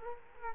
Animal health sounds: mosquito wingbeat signal from an infrared sensor; Culex quinquefasciatus

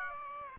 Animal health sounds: mosquito wingbeat signal from an infrared sensor; Aedes aegypti

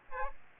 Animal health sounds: mosquito wingbeat signal from an infrared sensor; Aedes aegypti

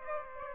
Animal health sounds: mosquito wingbeat signal from an infrared sensor; Aedes aegypti

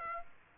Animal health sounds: mosquito wingbeat signal from an infrared sensor; Aedes aegypti

